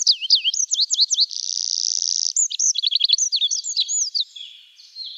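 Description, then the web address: Olive-backed pipit song, a fast varied stream of high thin whistles, buzzy trills and sweeping notes, with a sustained buzzy stretch and rapid repeated ticks in the middle. "Schulze Peter Olive-backed Pipit song"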